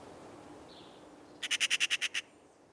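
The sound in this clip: Eurasian magpie giving a dry, rattling chatter of about eight rapid harsh notes, preceded by a faint call against a quiet background hiss.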